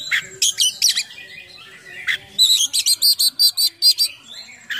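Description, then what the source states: Oriental magpie-robin song of harsh chattering notes followed by an evenly paced series of ringing whistled elements. Full song with imitations, described as gacor (singing persistently) with full isian (mimicked filler songs).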